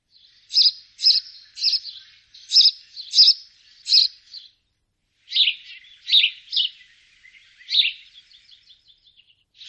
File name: vrabec domaci passer domesticus